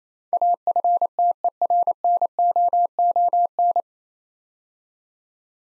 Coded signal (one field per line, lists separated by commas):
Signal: Morse code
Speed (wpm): 29 wpm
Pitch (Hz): 700 Hz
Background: none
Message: AFTERNOON